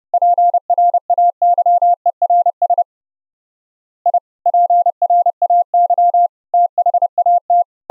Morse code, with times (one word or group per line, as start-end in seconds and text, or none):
0.1-2.8 PRAYERS
4.1-4.2 I
4.5-6.3 PRAY
6.5-7.6 THAT